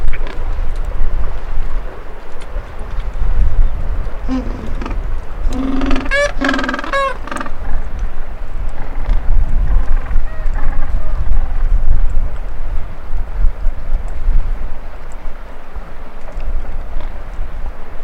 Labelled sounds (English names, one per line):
Gentoo Penguin call